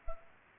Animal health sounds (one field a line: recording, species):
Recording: mosquito wingbeat signal from an infrared sensor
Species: Culex pipiens